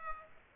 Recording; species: mosquito wingbeat signal from an infrared sensor; Aedes aegypti